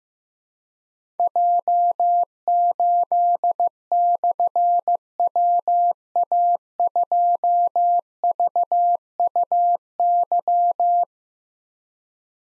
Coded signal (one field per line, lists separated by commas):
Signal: Morse code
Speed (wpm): 15 wpm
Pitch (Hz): 700 Hz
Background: none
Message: J8/WA2VUY